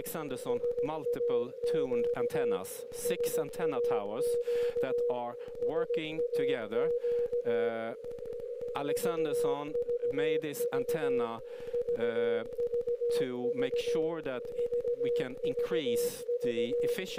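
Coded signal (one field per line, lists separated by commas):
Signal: Morse code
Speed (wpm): 17 wpm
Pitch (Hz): 480 Hz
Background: speech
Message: SAQ SAQ SAQ VVV VVV VVV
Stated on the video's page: SAQ transmission, live stream.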